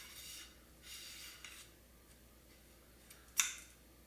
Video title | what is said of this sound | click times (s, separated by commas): Carbon Fiber Insert - FX Impact! | Make sure you hear that little click telling you everything's in place. | 3.4 s